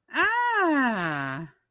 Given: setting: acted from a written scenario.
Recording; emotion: vocal sound without words; triumph